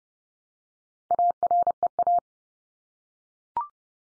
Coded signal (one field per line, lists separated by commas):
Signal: Morse code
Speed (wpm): 29 wpm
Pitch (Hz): 700 Hz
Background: none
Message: AREA